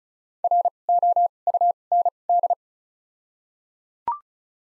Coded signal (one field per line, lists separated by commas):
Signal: Morse code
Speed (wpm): 34 wpm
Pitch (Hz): 700 Hz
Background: none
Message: R O U N D